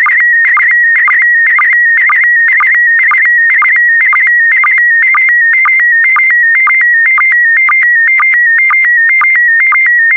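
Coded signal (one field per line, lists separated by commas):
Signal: SSTV (slow-scan television)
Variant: PD120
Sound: continuous warbling, chirpy electronic tone with a short low click about twice a second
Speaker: complete you can now check your decoded image against the picture that is shown on the video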